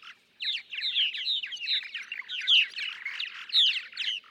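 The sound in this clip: Purple martin song, a quick series of rich gurgled chirps after a short silence, with a few louder notes standing out.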